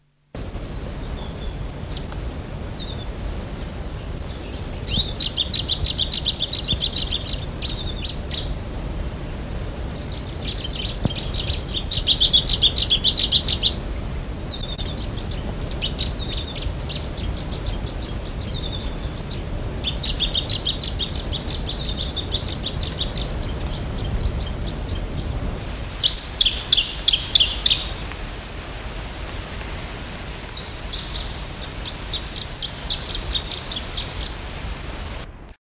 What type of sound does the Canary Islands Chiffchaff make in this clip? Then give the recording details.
call. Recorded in the wild. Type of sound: call. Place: Teneriffa, Kanarische Inseln, Provinz Santa Cruz de Tenerife, ES. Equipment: Halbspur, 9,5 cm/s. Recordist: Lütgens, Hans. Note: Rufe